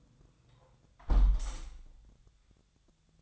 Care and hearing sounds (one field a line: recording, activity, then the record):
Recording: daily activity, microphone in the room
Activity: close window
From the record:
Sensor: 3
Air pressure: 1004.7 hPa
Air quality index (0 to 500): 96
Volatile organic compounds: 3 ppm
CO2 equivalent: 1496 ppm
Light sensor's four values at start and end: 7/17/7/6 and 7/16/6/6